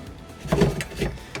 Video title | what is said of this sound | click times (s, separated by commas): 2025 Twist 2LB - Twin To King Bed - - Rear Bath - RV Review | You lock it down, nice ratcheting system on there. | 0.5 s, 0.8 s, 1.3 s